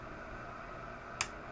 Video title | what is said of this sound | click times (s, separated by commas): Building Paul Walker R34! | But of course, they click into place so well that I'm not sure those are coming off without a serious fight. | 1.2 s